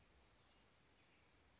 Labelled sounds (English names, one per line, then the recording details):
Chestnut-backed Chickadee
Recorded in Sonoma County, California